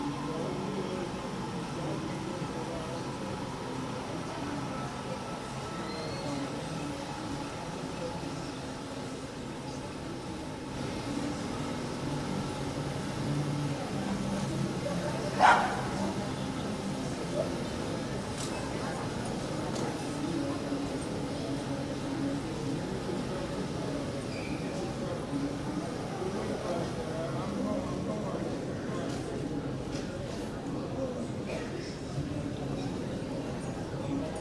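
Inside Terminal 3 at the Fort Lauderdale airport, a steady murmur of voices and low hum runs throughout as passengers file in. A single sharp clack stands out at about fifteen seconds, with faint clinks and taps scattered elsewhere.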